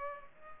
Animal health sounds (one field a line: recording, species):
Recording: mosquito wingbeat signal from an infrared sensor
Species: Culex pipiens